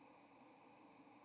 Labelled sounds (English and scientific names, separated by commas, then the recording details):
White-throated Sparrow (Zonotrichia albicollis) flight call
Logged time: 07:13 on 30 October 2014